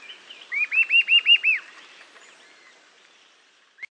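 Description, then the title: Eastern sirystes giving one quick burst of about six arched whistled notes, followed by quieter faint bird sounds and a brief sharp note at the end. Nominate subspecies, Sirystes sibilator sibilator. "LuckyPassaro Completos2Sama. Eastern Sirystes (Sirystes sibilator sibilator)"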